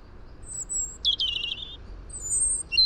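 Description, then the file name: European robin song: thin, very high drawn-out whistles and a short trill, over soft steady background hiss. "Erithacus rubecula"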